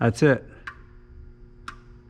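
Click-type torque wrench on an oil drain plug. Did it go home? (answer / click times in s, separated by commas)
yes / 0.7 s, 1.7 s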